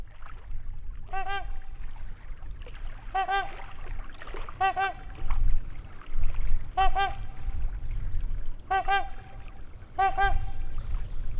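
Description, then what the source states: Trumpeter swan giving loud, nasal, horn-like honks, single or doubled, repeated about every two seconds, six bouts in all, over a steady low rumble. Trumpeting; Wisconsin, USA, 2019, near a lake.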